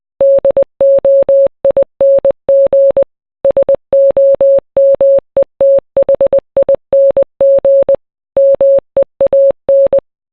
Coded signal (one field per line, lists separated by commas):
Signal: Morse code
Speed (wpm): 20 wpm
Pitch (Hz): 550 Hz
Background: none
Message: DOING SOMETHING MEAN